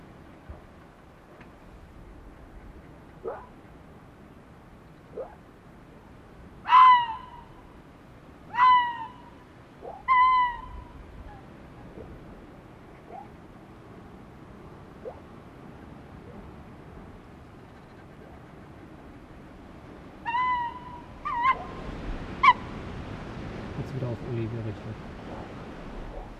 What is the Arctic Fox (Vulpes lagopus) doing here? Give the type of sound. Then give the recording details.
call. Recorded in the wild. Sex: diverse. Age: diverse. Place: Insel Mednyi, Kommandeur-Inseln, RU. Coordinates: 54.5167, 168.083. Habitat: tundra. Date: 1999-08-23. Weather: fair, almost no wind. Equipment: Sony TCD-D8, Sennheiser MKH 70, Windkorb. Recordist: Frommolt, Karl-Heinz